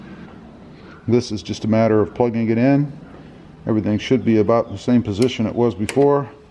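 A man handles the plastic electrical plug of a sensor wiring connector, about to reconnect it into the sensor socket behind a Tundra pickup's grille. Someone talks throughout over a quiet background, with no distinct mechanical sounds. The connector has not seated or clicked yet.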